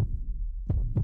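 Deep, dull low-pitched thumps, with a close lub-dub pair toward the end. An ordinary heartbeat sound.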